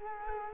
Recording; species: mosquito wingbeat signal from an infrared sensor; Culex quinquefasciatus